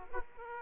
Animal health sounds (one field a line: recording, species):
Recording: mosquito wingbeat signal from an infrared sensor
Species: Aedes aegypti